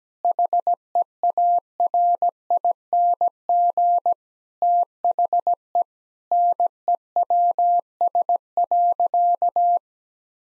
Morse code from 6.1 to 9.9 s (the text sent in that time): NEWS.